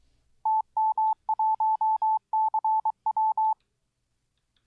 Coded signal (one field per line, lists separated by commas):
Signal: Morse code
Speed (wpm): 23 wpm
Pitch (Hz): 870 Hz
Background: none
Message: TM1CW